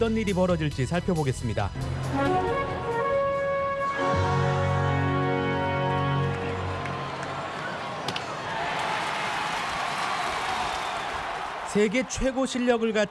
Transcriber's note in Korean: 녹취: 야구장 관중 함성